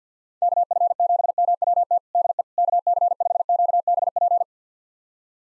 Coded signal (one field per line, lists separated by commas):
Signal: Morse code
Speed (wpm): 50 wpm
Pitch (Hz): 700 Hz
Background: none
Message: KF7MWT DE KC5QBP